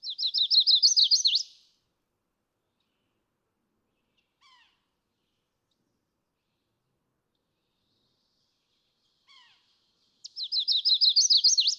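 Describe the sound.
Chestnut-sided warbler singing twice about ten seconds apart, each phrase a fast string of high slurred notes, with faint soft notes in between.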